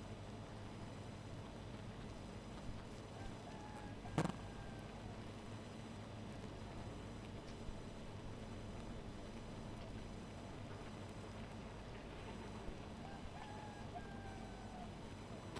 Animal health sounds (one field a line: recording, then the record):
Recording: honeybee colony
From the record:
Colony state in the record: missing queen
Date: 14 July 2017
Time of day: 0:05